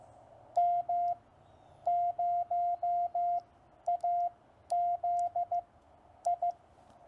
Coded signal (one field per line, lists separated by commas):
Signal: Morse code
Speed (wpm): 15 wpm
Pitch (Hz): 700 Hz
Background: none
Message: M0AZI